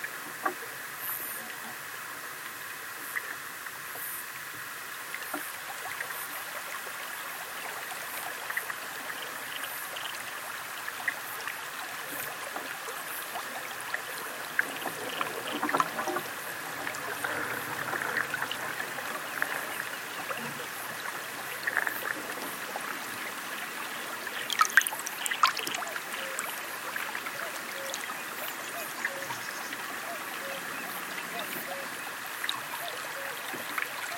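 Water of the River Allen, a chalk river, runs in a steady bright trickle and gurgle, with brief louder splashes around 16 and 25 seconds.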